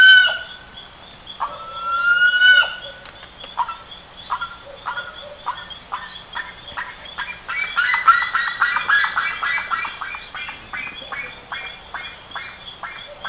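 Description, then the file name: Bird calls, loud rising squeals at first, then a fast burst of clipped chattering notes, with a steady shrill drone behind. "SABIOD 50 bird 2015"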